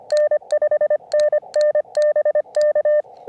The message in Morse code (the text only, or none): N 5NN BK